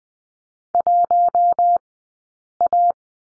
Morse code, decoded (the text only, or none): 1 A